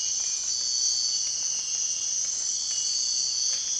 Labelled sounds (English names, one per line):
none